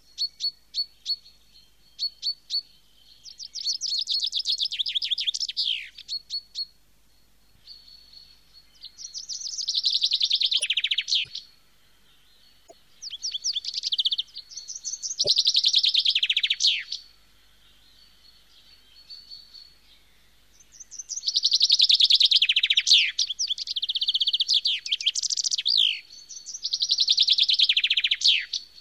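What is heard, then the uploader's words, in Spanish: A bird sings in repeated bursts of high, rapid chirps and trills, each lasting a few seconds with short pauses between, about every five seconds. The song is bright, with a faint thin whistle and a few soft clicks underneath. SONIDOS DE LA NATURALEZA - Pajaros.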